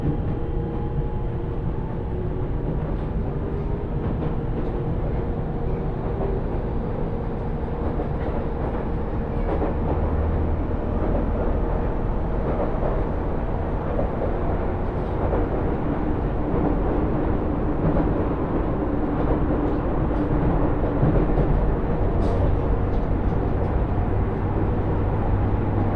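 A train ride on a Nagoya line, heard as a steady, dense rumble of wheels and motor that holds level for the whole stretch. Faint tonal whines drift in the first ten seconds, and light clicks and rattles scatter throughout, with a brief sharper squeak near twenty-two seconds.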